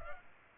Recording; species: mosquito wingbeat signal from an infrared sensor; Culex pipiens